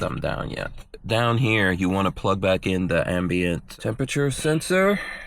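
Someone talks while reaching to plug the ambient temperature sensor connector back into its vehicle harness connector under the center screen area of a Tesla Cybertruck during reinstallation. Nothing has seated or clicked yet; the clip ends before the plug goes home.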